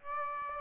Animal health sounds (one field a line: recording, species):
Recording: mosquito wingbeat signal from an infrared sensor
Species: Aedes aegypti